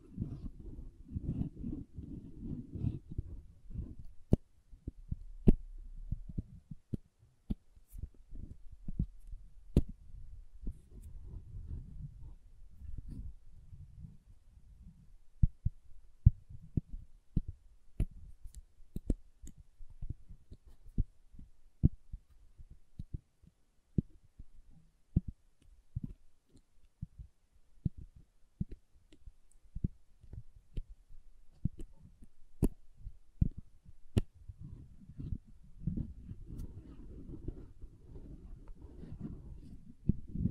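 Soap being tapped and carved, with many short, sharp clicks and taps scattered irregularly throughout, some bunched closely together. A soft low rumble of scraping rises at the start and again near the end, quieter through the middle.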